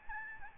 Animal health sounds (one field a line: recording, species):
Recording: mosquito wingbeat signal from an infrared sensor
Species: Aedes albopictus